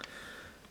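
A small release tab on the lion limb connector of a Toynami Voltron 30th Anniversary Collector's Set robot body is pushed in to disconnect the limb. A short, sharp click comes at 0.0 s, followed by a faint hiss of room tone. The tab clicks open and the limb is released.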